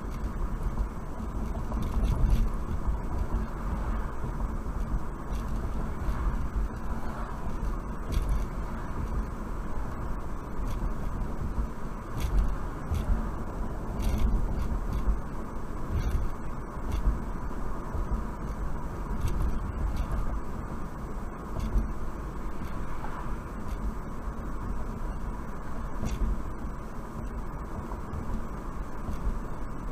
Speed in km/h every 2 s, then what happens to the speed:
60, 61, 60, 60, 60, 61, 61, 63, 63, 61, 61, 61, 61, 60, 60.
0-30 steady at about 61.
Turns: none.